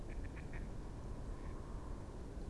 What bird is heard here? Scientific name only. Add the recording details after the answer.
Anas platyrhynchos. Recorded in Germany. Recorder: ecoPi